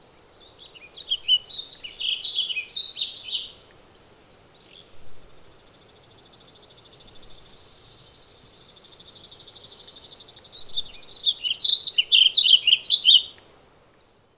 Warbling Vireo song recorded on the Fern Lake Trail in Rocky Mountain National Park.